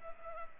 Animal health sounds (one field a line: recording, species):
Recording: mosquito wingbeat signal from an infrared sensor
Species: Culex pipiens